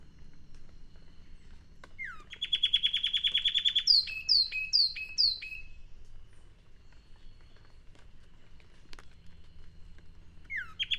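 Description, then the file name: Sharpe's wren singing one phrase of a dense buzzy trill followed by several quick falling whistles, with a new phrase starting at the end; low background hum. "cinnycerthia olivascens"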